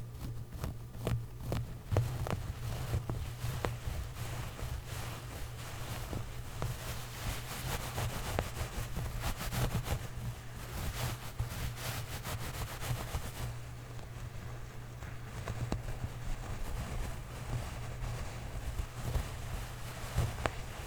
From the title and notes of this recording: ASMR Clothes Scratching.